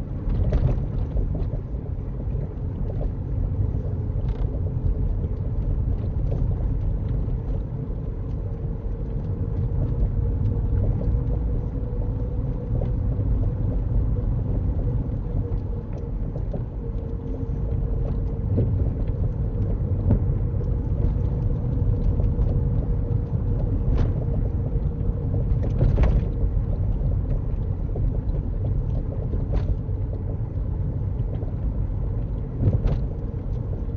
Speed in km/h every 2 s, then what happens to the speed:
35, 37, 35, 39, 40, 42, 42, 40, 40, 40, 42, 39, 39, 37, 37, 39, 40.
0-9 speeds up to 42. 9-34 steady at about 40.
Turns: none.